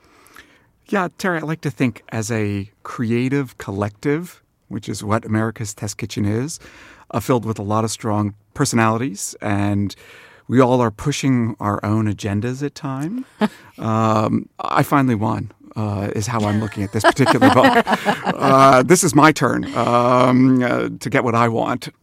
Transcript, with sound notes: Yeah, Terry, I like to think as a creative collective, which is what "America's Test Kitchen" is, filled with a lot of strong personalities - and we all are pushing our own agendas at times. I finally won is how I'm looking at this particular book.
(LAUGHTER)
This is my turn to get what I want.